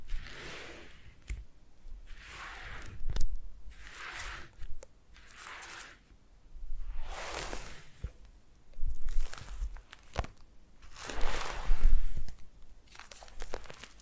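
Foam massage: soft, airy rubbing strokes come in waves, roughly one every one to two seconds, each a hissy swell that rises and fades. Faint crinkly, squeaky textures and a few sharp little clicks sit within the strokes, with low rumble underneath.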